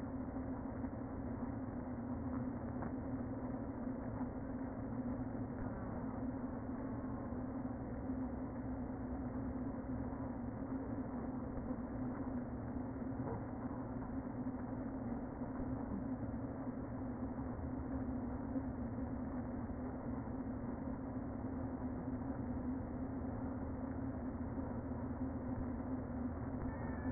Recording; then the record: honeybee colony, microphone inside the hive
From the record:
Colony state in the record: queen present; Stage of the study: before two queens were removed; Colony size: about 60,000 bees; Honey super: yes